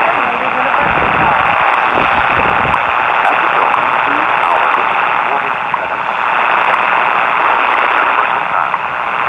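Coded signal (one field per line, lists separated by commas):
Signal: radio time signal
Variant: WWV and WWVH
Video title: WWV and WWVH, 10 MHz from San Francisco, California -- 2:39, 17 Apr 2020 (UTC)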